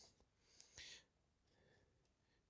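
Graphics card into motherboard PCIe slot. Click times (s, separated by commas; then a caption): 0.6 s, 0.8 s. A Sapphire Pulse RX 5500 XT graphics card is lined up with the case slots and the slot pins, then pressed down into the motherboard PCIe slot. Two sharp clicks from the slot's retention latch sound at 0.6 s and 0.8 s, followed by a brief broadband rustle, and the card is seated.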